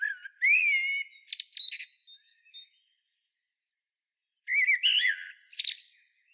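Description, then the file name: Eurasian blackbird calls: a rising whistled note followed by quick chattering, clipped notes, a pause of about two seconds, then another burst of sharp twittering notes. "Turdus merula"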